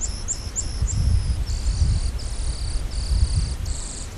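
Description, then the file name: Bird chirps, four quick high descending notes about a third of a second apart, then longer steady high whistled tones, over constant low rumbling background noise. "SABIOD 50 bird 2015"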